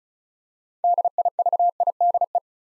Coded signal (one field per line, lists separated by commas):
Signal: Morse code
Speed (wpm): 36 wpm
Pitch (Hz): 700 Hz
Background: none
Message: DIVIDE